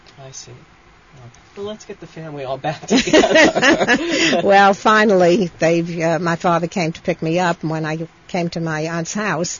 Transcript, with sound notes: I see. Well, let's get the family all back together. (They laugh)
Well, finally they, my father came to pick me up. And when I came to my aunt's house